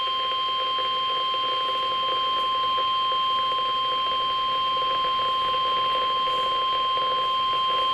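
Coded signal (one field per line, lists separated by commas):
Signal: Emergency Alert System (SAME) tones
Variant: 1050 Hz attention tone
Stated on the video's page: NOAA Weather Radio weekly test from KWN41 in Shubert, Nebraska, held Wednesdays at 11:15 AM.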